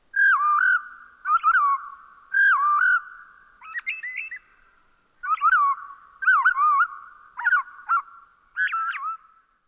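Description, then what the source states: Robin evening song at half speed: slurred, down-swooping whistled phrases with faint thin high notes, about eight phrases with short gaps, otherwise quiet. Robin evening song played at half speed; from sunset until dark, robins add whispered notes to their carol.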